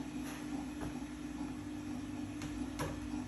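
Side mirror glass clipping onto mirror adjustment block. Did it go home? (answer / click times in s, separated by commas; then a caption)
no / none. Plastic-backed side mirror glass from a BMW M2 is handled and pressed back toward the mirror adjustment block, with light handling taps over a steady low hum; the brief tap near 2.4 s is the loudest. Nothing has seated or clicked yet.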